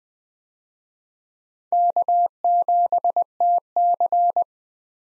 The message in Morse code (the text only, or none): K7TC